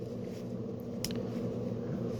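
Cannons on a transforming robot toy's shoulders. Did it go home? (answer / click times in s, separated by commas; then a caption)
yes / 1.1 s. The plastic shoulder cannons of a transforming robot toy figure are folded down until they soft-lock into place, with a sharp click at 1.1 s followed by a fainter tick just after. A steady low hum runs underneath throughout, and the cannons are seated.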